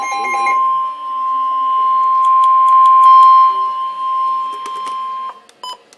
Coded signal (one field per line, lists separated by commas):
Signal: Emergency Alert System (SAME) tones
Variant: 1050 Hz attention tone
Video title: Severe Thunderstorm Warning - EAS #21